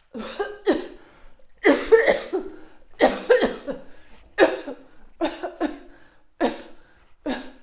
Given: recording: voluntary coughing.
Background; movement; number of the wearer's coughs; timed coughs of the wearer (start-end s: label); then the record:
quiet; walking; 11
0.13-0.65 s: cough
0.65-0.95 s: cough
1.62-2.00 s: cough
2.00-2.52 s: cough
2.95-3.36 s: cough
3.36-3.83 s: cough
4.36-4.84 s: cough
5.19-5.52 s: cough
5.59-5.90 s: cough
6.38-6.67 s: cough
7.13-7.52 s: cough
From the record:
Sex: female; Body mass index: 21.8 kg/m2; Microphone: on the chest, facing outward